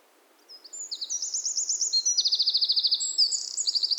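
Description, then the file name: Eurasian wren song, a rapid run of high, buzzy trills and sharp notes that quickly build in loudness and carry on without pause over a quiet background. "Troglodytes troglodytes"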